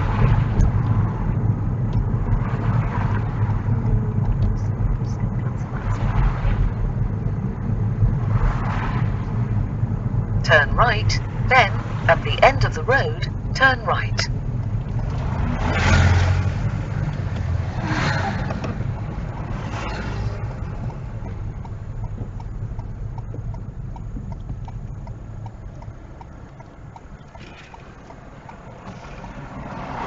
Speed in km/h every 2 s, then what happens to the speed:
23, 21, 23, 23, 19, 16, 15, 13, 11, 10, 8, 6, 0, 0, 0.
0-6 steady at about 23. 6-24 slows to 0. 24-30 standing.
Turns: none.